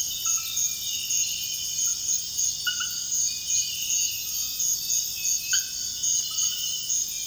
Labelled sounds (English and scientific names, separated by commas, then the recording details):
none
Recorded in secondary vegetation near Puerto Asís, Putumayo, Colombia, on 20 February 2024 at 05:30
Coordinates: 0.481, -76.323
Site G6376